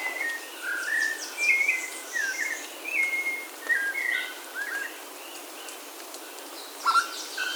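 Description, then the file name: Bird calls: brief whistled and slurred notes repeated irregularly, some rising or falling, with high chirps and a steady hiss behind. "SABIOD 50 bird 2015"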